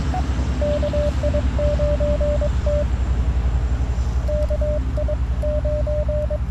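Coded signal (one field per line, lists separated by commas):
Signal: Morse code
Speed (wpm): 22 wpm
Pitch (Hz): 600 Hz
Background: none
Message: KI9T KI9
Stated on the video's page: QRP CW Parks on the Air activation at a national forest, using an Icom IC-705, AlexLoop magnetic loop antenna and BaMaKeY TP-III paddles.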